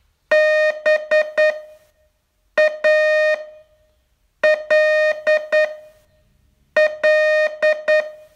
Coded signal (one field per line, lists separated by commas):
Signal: Morse code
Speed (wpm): 9 wpm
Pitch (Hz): 620 Hz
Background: music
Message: BALL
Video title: Learn Morse in 42 Days from VU2LAU - day 37 test